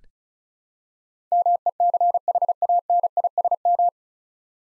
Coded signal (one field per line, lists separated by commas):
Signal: Morse code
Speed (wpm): 36 wpm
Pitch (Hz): 700 Hz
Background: none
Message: MECHANISM